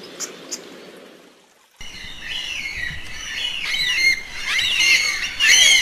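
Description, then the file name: Yellow-tailed black cockatoo calls: after a quiet start with two faint ticks, harsh wavering squawks begin and grow louder toward the end. "Canto da cacatua funebre"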